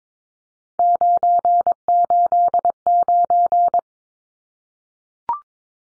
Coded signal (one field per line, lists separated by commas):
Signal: Morse code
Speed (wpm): 22 wpm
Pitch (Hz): 700 Hz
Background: none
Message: 989